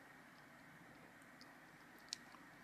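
After a battery replacement on a Sony WF-1000MX4 wireless earbud, the plastic housing shell is closed onto the earbud body and pressed together against a steady low hiss, with a few faint ticks along the way. A single sharp click at 2.1 s marks the tab at the top snapping into place, and the shell is seated.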